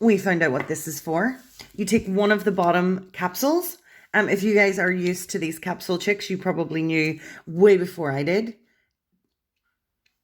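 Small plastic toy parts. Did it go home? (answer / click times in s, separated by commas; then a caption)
no / none. A plastic bottom capsule half is being fitted into a toy doll base while someone talks for most of the clip. Speech fills the first 8.6 seconds, then it goes quiet with only a faint hit near 10.1 s. Nothing has locked in yet; the capsule fails to lock into the base.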